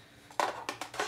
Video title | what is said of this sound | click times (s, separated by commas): MARIO KART WII | And then the standard remote or whatever just pops right into there for easy control interface. | 0.4 s